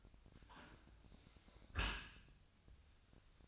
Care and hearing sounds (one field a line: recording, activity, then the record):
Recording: daily activity, microphone in the room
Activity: close dishwasher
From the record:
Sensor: 2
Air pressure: 1003.0 hPa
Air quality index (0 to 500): 199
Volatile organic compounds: 6 ppm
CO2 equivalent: 1893 ppm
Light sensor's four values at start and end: 20/49/21/23 and 21/50/21/24